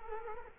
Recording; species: mosquito wingbeat signal from an infrared sensor; Culex quinquefasciatus